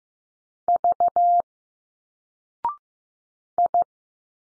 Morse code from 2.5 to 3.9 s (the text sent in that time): I